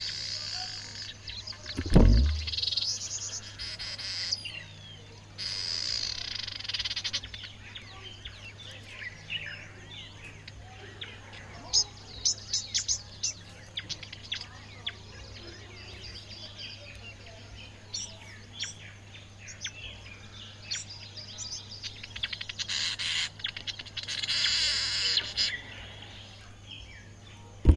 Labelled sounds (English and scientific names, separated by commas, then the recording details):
Vitelline Masked-Weaver (Ploceus vitellinus)
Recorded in northern Uganda